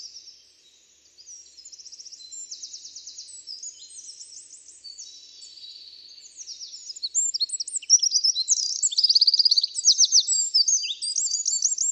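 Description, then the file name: Eurasian wren song: a long, very high, rapid outpouring of trills and sharp twitters, starting softer and growing louder and more intense in the second half. "Troglodytes troglodytes"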